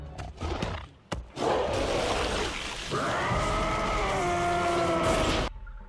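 A harsh, drawn-out roar from a Nhai Tí beast, maddened with pain after lashing itself with its own tail while a rider clings to its back, swells into a wavering, strained howl that sustains for several seconds over a noisy rumble, echoing through a ravine, before cutting off, following a few sharp thuds at the start.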